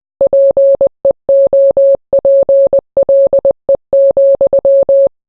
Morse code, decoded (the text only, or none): PEOPLE,